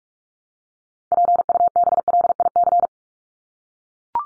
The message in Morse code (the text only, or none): PUBLIC